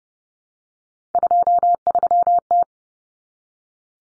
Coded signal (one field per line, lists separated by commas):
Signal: Morse code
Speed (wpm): 29 wpm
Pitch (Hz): 700 Hz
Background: none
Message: 23T